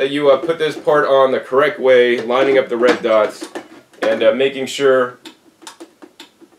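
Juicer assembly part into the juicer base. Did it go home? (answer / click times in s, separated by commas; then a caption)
yes / 6.2 s. Someone talks while fitting a part of a Kuvings Commercial CS600 cold press vertical slow juicer into the juicer base the correct way round, lining up the red dots and turning it until it locks, since the juicer won't turn on if the part is backwards. After the talk, several small ticks build to a sharp click at 6.2 s as the part seats in place.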